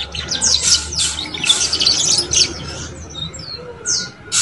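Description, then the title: Canary song, quick bright chirps and short whistled notes in a tight jumble, pausing briefly before a final burst, low background hum. Belgian canary song used to warm up and stimulate young canaries to start singing and chirping quickly. "Canto Para Esquentar Canário Belga. SUARA KENARI PAUD CUIT CUIT BELAJAR BUNYI - pancingan kenari paud muda agar cepat bunyi dan ngeriwik"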